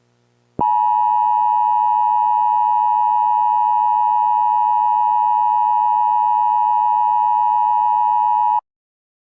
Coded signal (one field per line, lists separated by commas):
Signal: Emergency Alert System (SAME) tones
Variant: 853 and 960 Hz attention tone